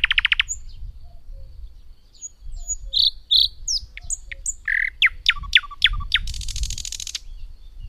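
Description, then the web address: Thrush nightingale song: varied phrases of clear whistles, steep descending sweeps, sharp clicks and a dry buzzy rattle near the end. "agykontroll Madardalok Cd 2. Nagy fülemüle"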